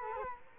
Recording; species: mosquito wingbeat signal from an infrared sensor; Culex quinquefasciatus